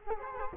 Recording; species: mosquito wingbeat signal from an infrared sensor; Culex quinquefasciatus